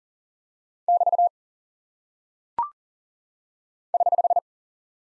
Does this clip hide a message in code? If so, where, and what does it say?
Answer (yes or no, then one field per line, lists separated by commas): yes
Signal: Morse code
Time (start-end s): 0.9-4.4 s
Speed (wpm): 40 wpm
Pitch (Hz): 700 Hz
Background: none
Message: <BT> <HH>